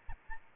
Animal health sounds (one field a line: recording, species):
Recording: mosquito wingbeat signal from an infrared sensor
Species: Aedes albopictus